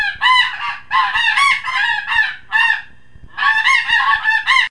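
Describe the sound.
Snow goose honking calls, a flock of nasal, harsh honks overlapping in bursts with a brief pause near three seconds.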